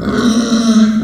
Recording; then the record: squeal of a Yucatan mini pig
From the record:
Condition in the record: after surgery on the right vocal fold (resection and tissue-engineered implant); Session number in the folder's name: 7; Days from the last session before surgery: 47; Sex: female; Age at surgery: 19 weeks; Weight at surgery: 25 kg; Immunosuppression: prednisolone